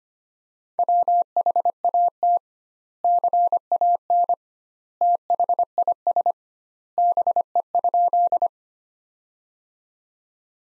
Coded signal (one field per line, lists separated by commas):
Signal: Morse code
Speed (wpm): 25 wpm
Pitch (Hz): 700 Hz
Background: none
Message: WHAT CAN THIS BE?